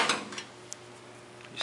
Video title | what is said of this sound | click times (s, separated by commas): Bicycle Parts - stretch cruiser-coaster-wheel-chain-chainguard | take a flathead screwdriver and just kind of jam it back it snaps into place | 0.7 s